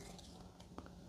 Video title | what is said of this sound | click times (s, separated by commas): Ninja Luxe Cafe Espresso Machine ES601 UNBOXING & SET UP | So with the funnel, you wanna make sure it locks into place. | 0.8 s